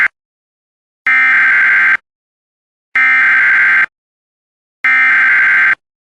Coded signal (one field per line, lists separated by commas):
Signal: Emergency Alert System (SAME) tones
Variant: header bursts